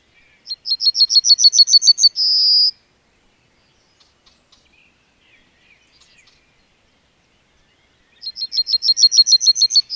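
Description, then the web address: Bird song: a rapid run of about a dozen high, chipping notes ending in a drawn-out buzzy note, heard twice, about eight seconds apart, with quiet ticks between. "madarak enek"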